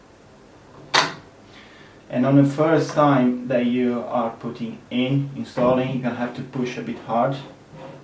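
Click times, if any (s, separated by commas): none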